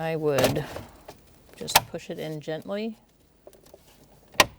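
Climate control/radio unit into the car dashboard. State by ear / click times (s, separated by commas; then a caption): seated / 4.4 s. Someone talks while the combined climate control and radio unit of a 2000-2007 Ford Taurus is pushed gently into the dash opening, with the radio removal tools still in place. After a few faint ticks around 3.5 to 3.7 s, the unit's retaining clips snap sharply at 4.4 s, and the unit is seated in the dashboard.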